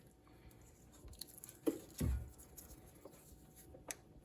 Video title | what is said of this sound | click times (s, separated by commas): 2016 f-250 ABS sensor repair | there's the click once it clicks then it's tough then | 3.9 s